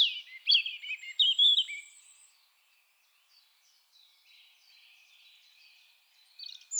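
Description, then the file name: European robin song: a rich, high warbled phrase of thin whistles and trills in the first two seconds, a faint rambling passage after, then a brief high note at the end. "Erithacus rubecula"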